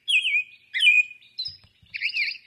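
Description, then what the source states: American robin song of warbled, slurred whistled phrases in short bursts separated by brief pauses, with a few faint low thumps beneath. Recorded in May 2021.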